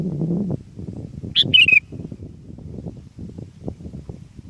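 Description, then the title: Sooty-headed bulbul sings a single short phrase of a sharp note followed by a tumbling trio of descending notes, over continuous low rumble. "kutilang"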